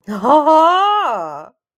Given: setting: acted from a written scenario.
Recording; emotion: vocal sound without words; elation